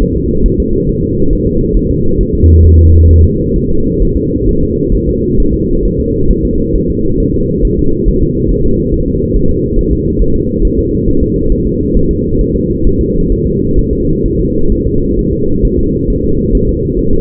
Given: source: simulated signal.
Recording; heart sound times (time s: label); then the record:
fetal heart sounds
0.02 s: S1
0.16 s: S2
0.46 s: S1
0.60 s: S2
0.89 s: S1
1.03 s: S2
1.33 s: S1
1.47 s: S2
1.77 s: S1
1.91 s: S2
2.21 s: S1
2.35 s: S2
2.65 s: S1
2.79 s: S2
3.10 s: S1
3.25 s: S2
3.56 s: S1
3.70 s: S2
4.02 s: S1
4.17 s: S2
4.49 s: S1
4.63 s: S2
4.95 s: S1
5.09 s: S2
5.40 s: S1
5.54 s: S2
5.85 s: S1
6.00 s: S2
6.31 s: S1
6.45 s: S2
6.76 s: S1
6.90 s: S2
7.20 s: S1
7.35 s: S2
7.65 s: S1
7.79 s: S2
8.09 s: S1
8.23 s: S2
8.52 s: S1
8.66 s: S2
8.94 s: S1
9.08 s: S2
9.37 s: S1
9.51 s: S2
9.79 s: S1
9.93 s: S2
10.22 s: S1
10.36 s: S2
10.65 s: S1
10.79 s: S2
11.08 s: S1
11.23 s: S2
11.52 s: S1
11.67 s: S2
11.97 s: S1
12.11 s: S2
12.41 s: S1
12.56 s: S2
12.87 s: S1
13.01 s: S2
13.32 s: S1
13.47 s: S2
13.79 s: S1
13.93 s: S2
14.25 s: S1
14.40 s: S2
14.72 s: S1
14.87 s: S2
15.19 s: S1
15.33 s: S2
15.65 s: S1
15.79 s: S2
16.10 s: S1
16.24 s: S2
16.55 s: S1
16.69 s: S2
16.99 s: S1
17.13 s: S2
From the record:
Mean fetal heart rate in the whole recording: 135 bpm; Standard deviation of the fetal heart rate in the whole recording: 3 bpm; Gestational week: 36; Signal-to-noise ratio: -16.4 dB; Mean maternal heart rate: 72 bpm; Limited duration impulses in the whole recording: present